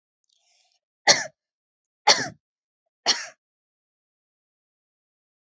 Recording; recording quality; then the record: heavy voluntary cough; excellent, no background noise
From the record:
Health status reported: COVID-19 positive, mild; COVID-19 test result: positive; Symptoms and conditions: cold, fever, fatigue, muscle pain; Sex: female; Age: 22 years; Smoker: not ticked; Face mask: not worn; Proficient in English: yes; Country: India